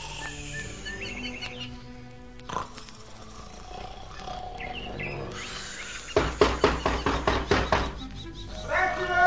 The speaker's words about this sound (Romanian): Cei doi frați ai lui Păcală au încuiat ușa și s-au culcat pe laviță. Și acum, după cum auziți, sforăie de parcă ar avea zbârnăitori în nas.